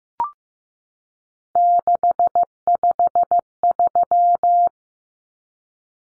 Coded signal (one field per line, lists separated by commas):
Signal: Morse code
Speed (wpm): 15 wpm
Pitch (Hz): 700 Hz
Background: none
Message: 653